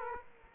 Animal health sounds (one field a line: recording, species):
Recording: mosquito wingbeat signal from an infrared sensor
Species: Culex quinquefasciatus